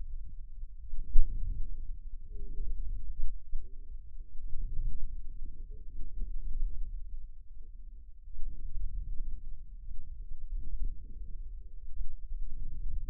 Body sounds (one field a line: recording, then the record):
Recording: forearm muscle sounds (acoustic myography)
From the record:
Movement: inward rotation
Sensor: system 2, bracelet of six BSWA MPA416 microphones around the upper forearm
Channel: 1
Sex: male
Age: 22 years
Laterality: right